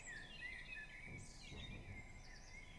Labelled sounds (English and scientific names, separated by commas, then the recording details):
Common Blackbird (Turdus merula)
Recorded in Germany
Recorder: ecoPi